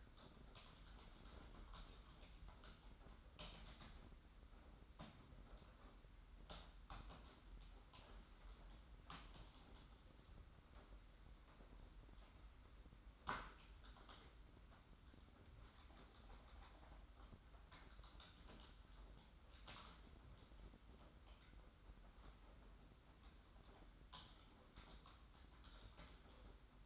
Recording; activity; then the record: daily activity, microphone in the room; typing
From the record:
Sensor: 3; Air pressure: 991.7 hPa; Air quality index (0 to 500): 187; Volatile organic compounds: 1000 ppm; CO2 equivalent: 6277 ppm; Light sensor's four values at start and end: 33/95/39/33 and 33/95/39/33